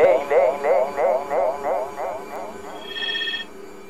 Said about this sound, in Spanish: Ey, suenan teléfonos en el estudio. Cosas importantes han de pasar.